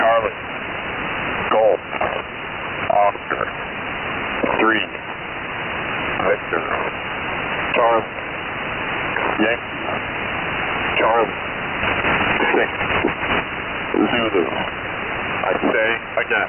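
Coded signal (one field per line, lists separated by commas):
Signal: coded military voice message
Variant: HFGCS Emergency Action Message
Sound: male voice reading phonetic alphabet letters and numbers over heavy radio hiss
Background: radio static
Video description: Unusual HFGCS traffic on July 01 2024, as broadcast by E6 #AE040D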